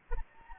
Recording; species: mosquito wingbeat signal from an infrared sensor; Anopheles gambiae